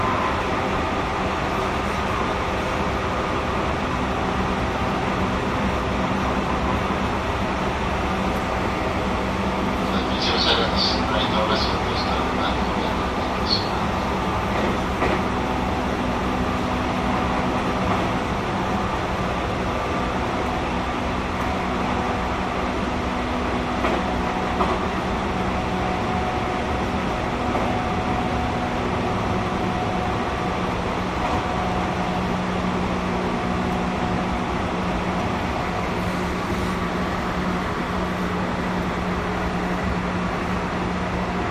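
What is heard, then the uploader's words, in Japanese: A JR 221 series train rides from Nara to JR Namba with a steady low rumble and hum, plus brief high squeals around ten seconds. JR221系 奈良→JR難波。関西本線（大和路線）で録音をしました。車体は普通鋼製である。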